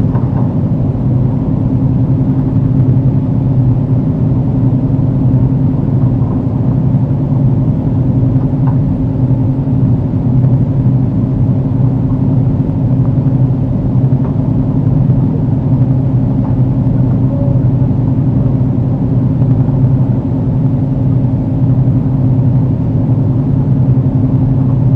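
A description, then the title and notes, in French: Steady cabin noise inside an airplane in flight, a constant low droning roar with a firm hum underneath. The level barely changes across the whole stretch, with only a few faint clicks and a brief small tone in the background. Avion de l'intérieur. Les bruits réguliers et apaisants de la cabine. Les bruits de la cabine d'avion, tels que le bourdonnement des moteurs et les légers grincements.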